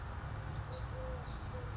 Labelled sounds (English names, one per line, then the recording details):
Eurasian Collared Dove
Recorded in Sonoma County, California